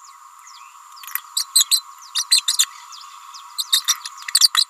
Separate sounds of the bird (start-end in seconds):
1.36-1.47, 1.54-1.66, 1.70-1.83, 2.15-2.26, 2.30-2.45, 2.47-2.65, 3.58-3.63, 3.72-3.83, 4.40-4.51, 4.54-4.67